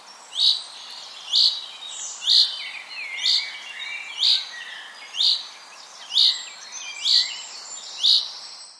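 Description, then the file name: Common chaffinch calling with a single bright, clipped note repeated steadily about once a second, nine times, over soft background chirping. "Fringilla coelebs"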